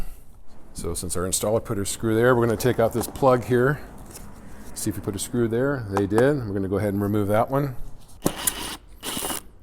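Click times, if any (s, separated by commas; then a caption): 8.3 s, 8.5 s. Someone talks while preparing to remove an installer's screw from the jamb liner of a 1998–2014 Marvin insert double-hung window. At 8.3 s and 8.5 s the driver slips with sharp ratchety clicks. The screw has stripped out during removal.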